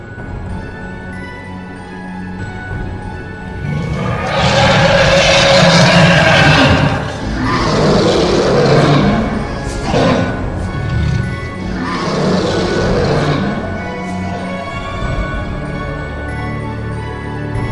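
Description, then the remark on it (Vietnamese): A phantom white tiger, face raised to the sky, roars three times in long, rough, rumbling bursts, the first the loudest, over a steady humming musical backdrop. “Một hư ảnh bạch hổ ngửa mặt lên trời mà gầm thét đầy uy phong.”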